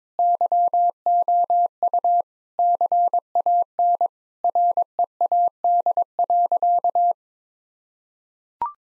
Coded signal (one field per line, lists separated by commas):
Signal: Morse code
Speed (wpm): 22 wpm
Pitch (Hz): 700 Hz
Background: none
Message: YOU CAN READ.